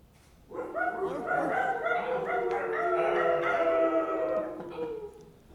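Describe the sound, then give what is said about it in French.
A room full of people imitates dogs all at once, a dense wash of overlapping yelps, barks and howl-like cries that swells quickly and holds loudly for about five seconds before fading. “Entre autres, la balado vous permet de lever la main et faire japper une salle.”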